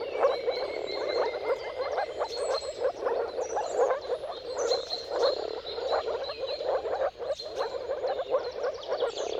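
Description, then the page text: Massed moor frog calls bubble on without pause, with a few high bird whistles and chirps. Mating calls of a moor frog chorus at sunrise, at the turn of March and April depending on the weather; recorded by Jakub Orzecki. "Dawn’s Chorus: Mating Calls of Marsh Frogs at Sunrise. Depending on the weather at the turn of March and April, you can witness an amazing spectacle of moor frogs. Jakub Orzecki"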